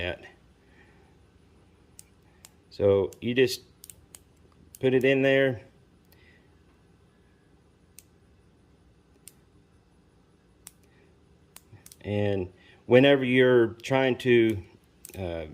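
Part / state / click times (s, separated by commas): micrometer ratchet thimble closing on a crankshaft journal / torque reached / 8.0 s, 9.3 s, 10.7 s, 11.6 s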